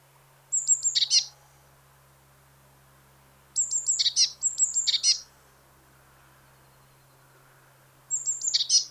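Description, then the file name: Eurasian blue tit calling in short, very high phrases, each a thin note followed by a quick buzzy flourish, four bursts spread over nine seconds over a steady low hum. "Cyanistes caeruleus"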